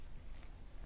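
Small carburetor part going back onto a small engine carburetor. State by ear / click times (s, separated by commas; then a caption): not seated / none. A small part is being handled as it goes back onto the carburetor of a Subaru EA190V small engine after its jet has been cleaned. Low background noise is heard, with a faint, brief handling sound around 0.4 s. Nothing has seated or clicked yet.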